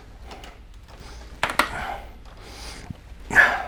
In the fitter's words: try and you it kind of pops into place and you hear it click and it definitely clicked into place